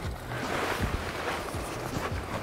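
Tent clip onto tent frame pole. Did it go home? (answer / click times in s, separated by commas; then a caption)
no / none. A plastic tent clip is being handled onto a tent frame pole, with steady broadband rustling noise and a few soft, low thumps throughout. Nothing has seated or clicked yet; the clip is still short of going home.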